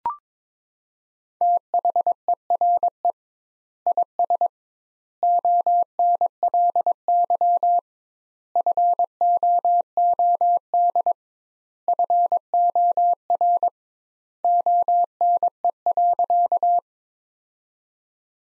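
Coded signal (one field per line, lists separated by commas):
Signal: Morse code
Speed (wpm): 22 wpm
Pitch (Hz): 700 Hz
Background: none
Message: THERE IS ONLY FOOD FOR ONE.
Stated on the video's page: Practice sentences from top 300 words at 22 wpm with double word spacing, a word-level Farnsworth-like method.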